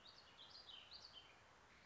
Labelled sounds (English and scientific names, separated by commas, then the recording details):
Warbling Vireo (Vireo gilvus)
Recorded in Sonoma County, California